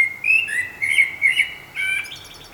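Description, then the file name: Common blackbird song: a continuous run of mellow fluted warbles, each phrase tipped with thin high squeaky notes, filling the whole stretch. "Turdus merula"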